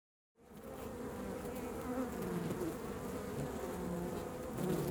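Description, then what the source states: Honey bees in a dense, steady hum of many wings starting after a short silence, with individual bees droning past at varying pitches. Hive bees recorded August–September 2009 for a report on bees disappearing in large numbers, probably because of pesticides.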